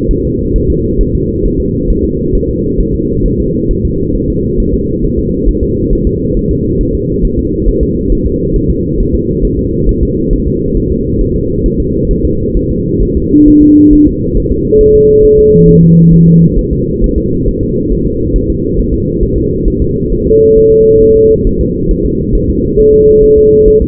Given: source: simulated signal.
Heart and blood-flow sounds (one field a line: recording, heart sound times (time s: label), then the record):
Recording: fetal heart sounds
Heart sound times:
0.11 s: S1
0.25 s: S2
0.56 s: S1
0.70 s: S2
1.01 s: S1
1.15 s: S2
1.45 s: S1
1.60 s: S2
1.90 s: S1
2.05 s: S2
2.35 s: S1
2.50 s: S2
2.80 s: S1
2.95 s: S2
3.26 s: S1
3.40 s: S2
3.71 s: S1
3.85 s: S2
4.15 s: S1
4.30 s: S2
4.60 s: S1
4.74 s: S2
5.04 s: S1
5.19 s: S2
5.48 s: S1
5.63 s: S2
5.93 s: S1
6.07 s: S2
6.37 s: S1
6.51 s: S2
6.81 s: S1
6.95 s: S2
7.25 s: S1
7.39 s: S2
7.68 s: S1
7.83 s: S2
8.12 s: S1
8.27 s: S2
8.56 s: S1
8.70 s: S2
9.00 s: S1
9.15 s: S2
9.45 s: S1
9.59 s: S2
9.89 s: S1
10.03 s: S2
10.33 s: S1
10.47 s: S2
10.77 s: S1
10.91 s: S2
11.21 s: S1
11.36 s: S2
11.66 s: S1
11.80 s: S2
12.11 s: S1
12.25 s: S2
12.57 s: S1
12.71 s: S2
13.02 s: S1
13.17 s: S2
13.48 s: S1
13.62 s: S2
13.93 s: S1
14.07 s: S2
14.37 s: S1
14.52 s: S2
14.81 s: S1
14.95 s: S2
15.25 s: S1
15.39 s: S2
15.69 s: S1
15.83 s: S2
16.14 s: S1
16.28 s: S2
16.59 s: S1
16.73 s: S2
17.04 s: S1
17.18 s: S2
17.48 s: S1
17.63 s: S2
17.92 s: S1
18.07 s: S2
18.36 s: S1
18.50 s: S2
18.79 s: S1
18.94 s: S2
19.23 s: S1
19.37 s: S2
19.68 s: S1
19.82 s: S2
20.12 s: S1
20.27 s: S2
20.58 s: S1
20.72 s: S2
21.02 s: S1
21.17 s: S2
21.47 s: S1
21.61 s: S2
21.91 s: S1
22.05 s: S2
22.35 s: S1
22.49 s: S2
22.79 s: S1
22.94 s: S2
23.24 s: S1
23.38 s: S2
23.68 s: S1
23.82 s: S2
From the record:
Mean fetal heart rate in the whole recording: 135 bpm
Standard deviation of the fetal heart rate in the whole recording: 3 bpm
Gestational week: 36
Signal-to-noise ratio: -10.2 dB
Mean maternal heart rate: 72 bpm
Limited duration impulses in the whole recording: present